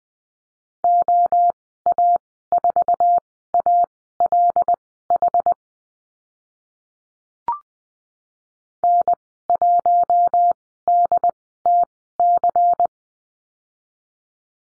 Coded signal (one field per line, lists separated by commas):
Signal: Morse code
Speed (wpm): 20 wpm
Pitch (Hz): 700 Hz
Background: none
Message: OA4ALH N1DTC